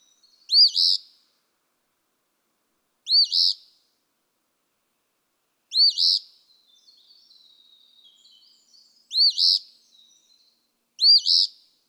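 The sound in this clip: Eastern phoebe delivering five buzzy two-note phrases every few seconds, with faint twittering in one gap.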